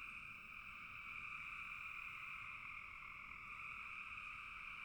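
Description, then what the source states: Frogs in full chorus, a dense hum that never stops. Frogs in a bog.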